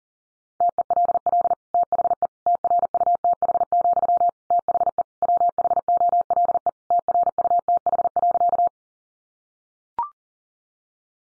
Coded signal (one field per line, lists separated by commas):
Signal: Morse code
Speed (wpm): 40 wpm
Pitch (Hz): 700 Hz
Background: none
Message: TELL THE TRUTH, THE WHOLE TRUTH.